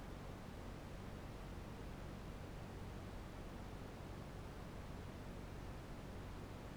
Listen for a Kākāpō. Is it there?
no